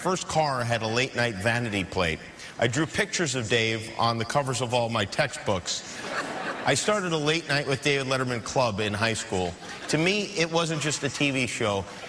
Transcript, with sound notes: My first car had a "Late Night" vanity plate. I drew pictures of Dave on the covers of all my textbooks.
(LAUGHTER)
I started a "Late Night with David Letterman" club in high school. To me it wasn't just a TV show,